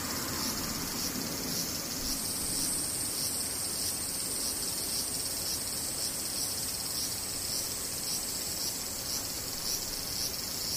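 Cicadas drone without a break, a dense, bright, shrill buzz that holds steady for the whole clip with a faint rapid pulsing inside it. Beneath it runs a low, even rumble, like traffic, that also never lets up.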